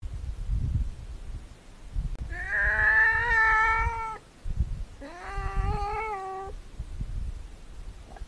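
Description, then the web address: Andean cat giving two long drawn-out wailing meows, the first steady then falling, the second rising and leveling, over a low rumbling background noise. "Gato Andino"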